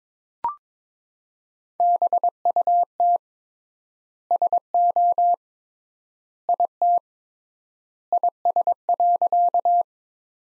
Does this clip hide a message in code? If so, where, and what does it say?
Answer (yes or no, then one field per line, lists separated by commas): yes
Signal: Morse code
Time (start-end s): 1.8-9.8 s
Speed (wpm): 22 wpm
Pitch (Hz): 700 Hz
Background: none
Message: BUT SO IT IS.